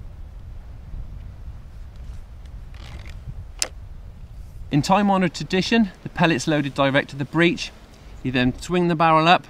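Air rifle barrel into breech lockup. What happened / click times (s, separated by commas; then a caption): The air rifle barrel locked shut with a click / 3.6 s. The barrel of a Gamo Varmint Stalker Barricade, a synthetic-stocked spring-piston break-barrel air rifle, is swung back up after cocking and loading a pellet into the breech. A sharp click at 3.6 s marks it locking shut, a very solid lockup with no play. Someone then talks.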